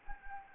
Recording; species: mosquito wingbeat signal from an infrared sensor; Anopheles gambiae